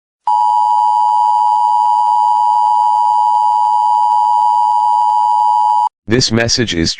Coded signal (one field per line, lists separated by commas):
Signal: Emergency Alert System (SAME) tones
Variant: 853 and 960 Hz attention tone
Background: speech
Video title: EAS Mock: The Black Death Returns; USA Outbreak